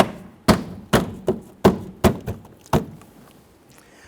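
The plastic push pins of a door trim panel on a 1997-2006 Jeep Wrangler are pressed in around the perimeter into the door, giving a series of dull thunks at 0.0, 0.5, 1.3, 1.7, 2.1 and 2.7 seconds. The panel is snapped into place.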